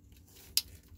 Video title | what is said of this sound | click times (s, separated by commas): Single Engine Plug & Play Perfect Pass Installation Video for Yamaha Boats | sure you hear the click which we just did | 0.6 s